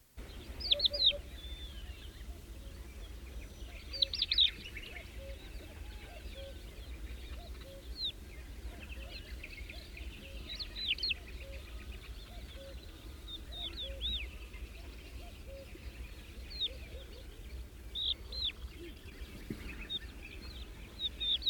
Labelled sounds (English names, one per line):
Crested Lark song